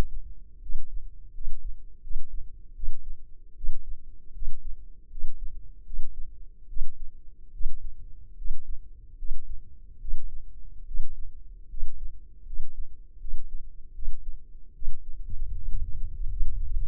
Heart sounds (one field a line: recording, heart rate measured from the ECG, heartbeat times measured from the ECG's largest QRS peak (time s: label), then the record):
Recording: heart sounds by microphone in the left ear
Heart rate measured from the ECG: 77 bpm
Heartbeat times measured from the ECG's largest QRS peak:
0.59 s: heartbeat
1.31 s: heartbeat
2.00 s: heartbeat
2.73 s: heartbeat
3.54 s: heartbeat
4.32 s: heartbeat
5.08 s: heartbeat
5.84 s: heartbeat
6.67 s: heartbeat
7.51 s: heartbeat
8.35 s: heartbeat
9.16 s: heartbeat
9.98 s: heartbeat
10.84 s: heartbeat
11.67 s: heartbeat
12.44 s: heartbeat
13.18 s: heartbeat
13.92 s: heartbeat
14.72 s: heartbeat
15.53 s: heartbeat
16.27 s: heartbeat
From the record:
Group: healthy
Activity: cold pressor test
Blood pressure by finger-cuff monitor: 144/87 mmHg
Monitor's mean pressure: 104 mmHg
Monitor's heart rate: 75 bpm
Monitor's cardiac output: 6.2 L/min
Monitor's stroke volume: 82 mL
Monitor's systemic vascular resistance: 1240 dyn s/cm5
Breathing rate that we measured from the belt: 16 breaths a minute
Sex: male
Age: 21 years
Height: 180 cm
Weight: 67.5 kg